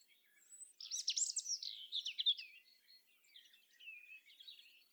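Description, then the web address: European robin sings one loud burst of tumbling, high warbled notes, then softer thin whistles and a lower sliding phrase trailing off. "SETE data Erithacus rubecula"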